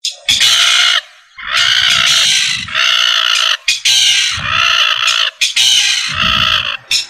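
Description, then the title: Rail giving loud, harsh, nasal squawks in several rapid bursts, each rough and broad-toned, with low rumbling noise beneath some of them. "LuckyFamilia RallidaeFrangoSama"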